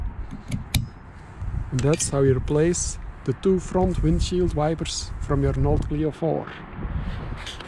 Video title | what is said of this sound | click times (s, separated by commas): How To Change the windowwipers from a clio 4 (back and front) Valeo HR24 and VF383 | And just push until you hear the click. | 0.8 s